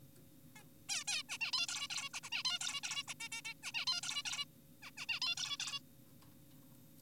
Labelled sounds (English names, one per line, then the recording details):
Zebra Finch
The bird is an adult
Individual g4p5U